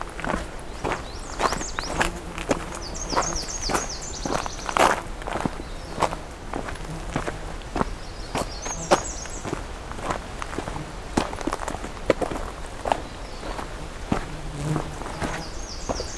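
Footsteps crunch steadily through a cedar swamp, sharp irregular steps every half second or so throughout. Bright bird calls ring above them in short repeated bursts, with a chattering series near the start, another around eight seconds, and more at the end.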